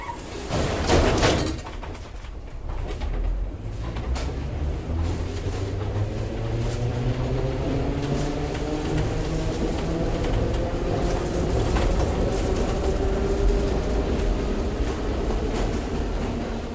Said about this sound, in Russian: Выхожу на станции метро академика Павлова. Полупустые платформы, прохлада подземного строения.